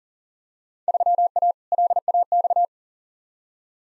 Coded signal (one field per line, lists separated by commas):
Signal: Morse code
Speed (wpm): 40 wpm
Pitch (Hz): 700 Hz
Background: none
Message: 3A LAX